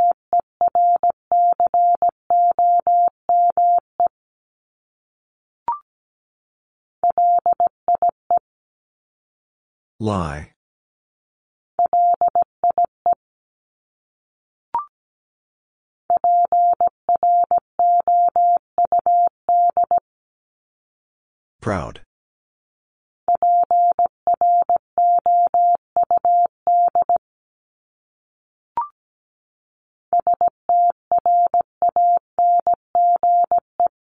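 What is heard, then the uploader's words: Morse code beeps in a steady mid-pitched tone, sent in bursts with pauses between, and two brief bright swishes near ten and twenty-two seconds. Top 1501-1750 Words 17wpm. First, the word is sent in Morse code.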